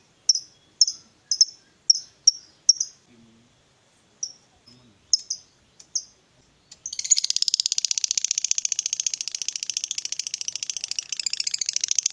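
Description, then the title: Lovebird chirping: sharp high chirps repeated roughly twice a second, broken by a short pause and then resumed, before a dense, rapid, buzzy chatter that runs without a break to the end. Lovebird whose style makes it look very clever at memancing, luring or provoking other birds into calling. "Dari Gayanya Lovebird Ini Terlihat Pintar Sekali Memancing"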